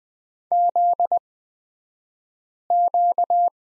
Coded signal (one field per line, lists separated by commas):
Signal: Morse code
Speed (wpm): 20 wpm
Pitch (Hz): 700 Hz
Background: none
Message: ZQ